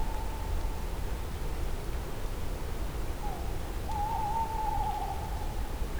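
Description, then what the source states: Tawny owl hooting: a faint level hoot early, then a longer wavering, quavering hoot in the second half, over steady low background rumble. Tawny owl in nature at night in 2015, recorded slightly closer; professional cardioid microphone.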